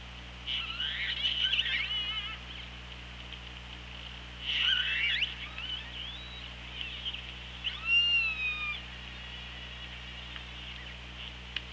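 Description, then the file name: Killer whale calls, scattered warbling squeaks near one and five seconds, then a clear harmonic call around eight seconds, over constant hum. Recorded by OrcaLab hydrophone on 24 August 2017 at 15:39. "Orca Lab 20170824 153922 ORCALAB"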